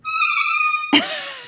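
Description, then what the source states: Cockatoo squawk: a sustained harmonic screech for about a second, then a sharp harsh burst that trails off into a descending tone. Pet cockatoo that took part in a research survey on vocal mimicry in parrots.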